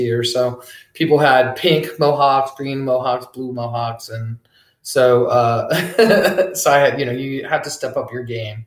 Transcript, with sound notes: So people had pink mohawks, green mohawks, blue mohawks, and so [laughs] so I, you know, you have to step up your game.